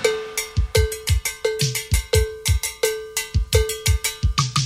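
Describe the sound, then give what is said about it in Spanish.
A loud, bright salsa cowbell clanks in a steady, driving rhythm, its metallic ring sustaining between strikes, while deep drum thumps and sharp percussion hits punch along with it. No voices. “Muévase sabroso, pero escuche la campana.”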